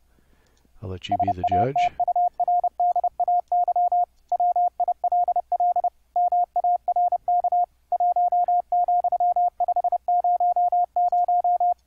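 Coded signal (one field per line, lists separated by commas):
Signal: Morse code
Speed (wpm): 29 wpm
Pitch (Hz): 710 Hz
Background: speech, radio noise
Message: SATURDAY WILL MARK 1,500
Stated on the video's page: Morse audio tones sent over the internet via Mumble, processed through JACK with bandpass filtering and a spike limiter, with sidetone monitoring.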